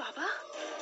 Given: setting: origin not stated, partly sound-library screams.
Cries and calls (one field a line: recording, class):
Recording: one-second piece from a danger detection set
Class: woman in danger